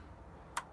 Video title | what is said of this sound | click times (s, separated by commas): Unboxing & Review: Makita PJ7000 Biscuit Jointer/Plate Jointer, Viewer Stickers, + Mailbox Monthly | you'll hear it click at 45 and then again at 90 but because you've got the quick release | 0.6 s